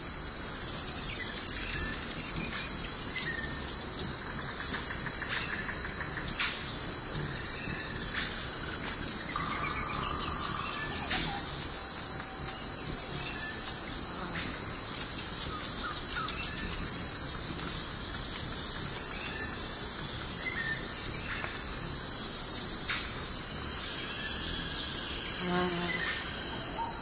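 A morning forest with a steady, dense chorus of high insects buzzing without pause throughout. Scattered bird calls chirp and whistle here and there, with a brief low tone near ten seconds and a soft rumble of background sound underneath.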